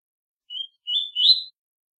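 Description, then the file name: Double-collared seedeater giving one brief phrase of three rising whistled notes, the last loudest. Short song, tui-tui type. "canto do coleiro tui tui curto cibra"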